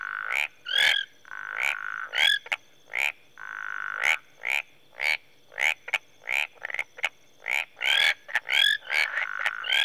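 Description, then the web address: Tree frogs calling in a chorus, sharp clicking pulses and short rising whistled notes overlapping unevenly, with a faint steady high tone underneath. Marsh tree frogs in Rwanda in the early evening. "Sound Effects Library (Africa- The Natural World) Rwanda- Marsh Tree Frogs, early evening"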